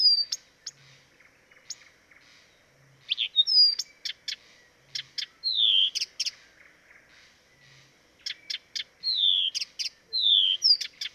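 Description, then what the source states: Blyth's reed warbler song: short sharp ticks mixed with slurred whistles that fall in pitch, coming in varied bursts with brief gaps. Recorded at Dviete.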